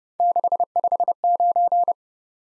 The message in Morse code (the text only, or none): 659